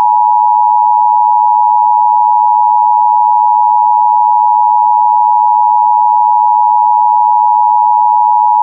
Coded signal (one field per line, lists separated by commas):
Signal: Emergency Alert System (SAME) tones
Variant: 853 and 960 Hz attention tone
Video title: Windows 10 Unused EAS Screen